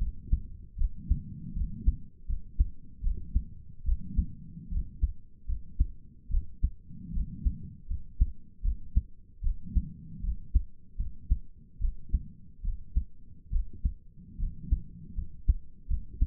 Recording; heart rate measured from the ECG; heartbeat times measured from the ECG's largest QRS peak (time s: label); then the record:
heart sounds by stethoscope; 75 bpm
0.78 s: heartbeat
1.55 s: heartbeat
2.28 s: heartbeat
3.03 s: heartbeat
3.85 s: heartbeat
4.71 s: heartbeat
5.47 s: heartbeat
6.30 s: heartbeat
7.13 s: heartbeat
7.89 s: heartbeat
8.63 s: heartbeat
9.43 s: heartbeat
10.22 s: heartbeat
10.98 s: heartbeat
11.80 s: heartbeat
12.63 s: heartbeat
13.52 s: heartbeat
14.39 s: heartbeat
15.16 s: heartbeat
15.88 s: heartbeat
From the record:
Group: healthy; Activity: rest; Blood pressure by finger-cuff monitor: 82/51 mmHg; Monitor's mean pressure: 63 mmHg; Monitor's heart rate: 76 bpm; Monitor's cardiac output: 6.3 L/min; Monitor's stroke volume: 82 mL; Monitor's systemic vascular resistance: 700 dyn s/cm5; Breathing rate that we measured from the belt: 21 breaths a minute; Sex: female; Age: 22 years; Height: 163 cm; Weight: 67.1 kg